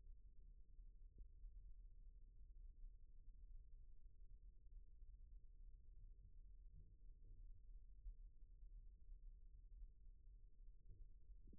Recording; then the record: forearm muscle sounds (acoustic myography)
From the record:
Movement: rest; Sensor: system 1, eight BSWA MPA416 microphones around the upper forearm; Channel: 6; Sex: male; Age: 41 years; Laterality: right